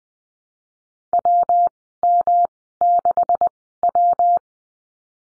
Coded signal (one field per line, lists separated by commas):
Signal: Morse code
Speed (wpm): 20 wpm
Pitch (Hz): 700 Hz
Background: none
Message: WM6W